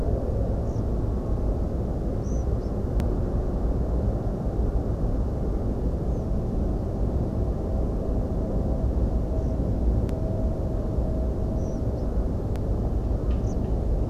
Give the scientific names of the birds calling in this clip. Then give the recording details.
Ficedula hypoleuca. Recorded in France